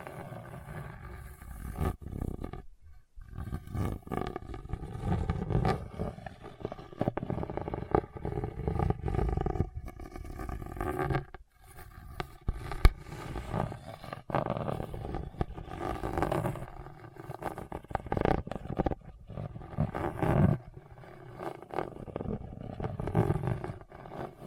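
Rough scratching and scraping across a hard, bumpy surface, a dense grinding texture that rumbles low and rasps up into the middle. It runs in long strokes broken by short gaps, with sharper knocks and clicks scattered throughout and a brief stop near three seconds.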